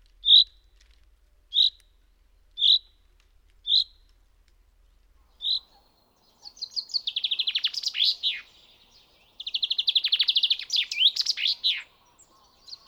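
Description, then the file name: Common chaffinch giving five sharp, high call notes, then two rapid trilled song phrases. "pinson des arbres"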